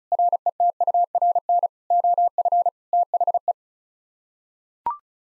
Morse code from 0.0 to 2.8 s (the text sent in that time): RETURN OF